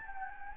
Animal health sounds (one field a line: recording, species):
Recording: mosquito wingbeat signal from an infrared sensor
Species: Anopheles gambiae